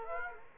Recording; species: mosquito wingbeat signal from an infrared sensor; Aedes aegypti